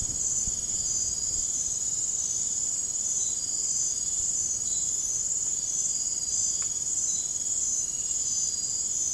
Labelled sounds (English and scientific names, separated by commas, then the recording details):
none
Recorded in dense forest near Puerto Asís, Putumayo, Colombia, on 30 June 2025 at 01:30
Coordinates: 0.503, -76.323
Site G059